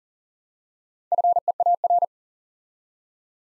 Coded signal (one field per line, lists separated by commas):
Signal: Morse code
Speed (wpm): 42 wpm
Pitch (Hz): 700 Hz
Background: none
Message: FEAR